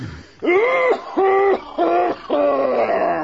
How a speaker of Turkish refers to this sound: Ama böyle boğmaca gibi öksüren de kim Niyazi? Anam yanında bizim beyefendinin öksürüğü bu.